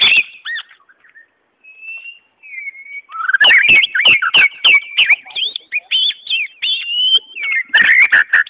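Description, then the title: White-rumped Shama sings soft, drawn-out whistles at first, then a loud burst of rapid whistled phrases punctuated by sharp percussive clicks. "murai batu"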